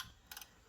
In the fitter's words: it should snap right in